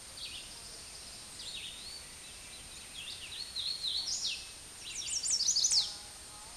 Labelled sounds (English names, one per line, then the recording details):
Red-eyed Vireo song
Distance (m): 25 m
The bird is about 10 m above the microphone
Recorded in a Pennsylvania forest on 16 May 2024 at 08:35
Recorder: AudioMoth, point MSD-0398
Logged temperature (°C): 16.4 °C
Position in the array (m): 157 m, 67 m